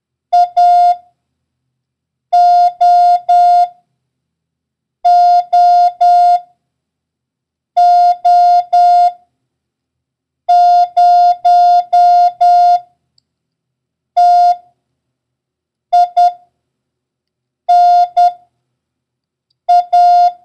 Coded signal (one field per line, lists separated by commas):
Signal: Morse code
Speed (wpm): 10 wpm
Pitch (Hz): 710 Hz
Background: music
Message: AOOO0TINA